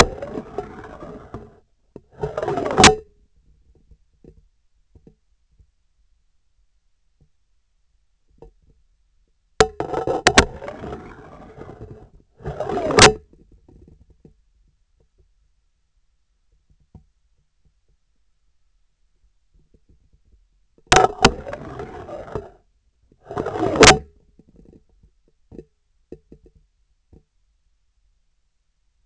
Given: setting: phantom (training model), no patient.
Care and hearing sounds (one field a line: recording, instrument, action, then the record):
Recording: laparoscopic instrument, vibration sensor on the handle end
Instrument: scissors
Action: insertion and removal through the trocar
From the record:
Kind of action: spatial motion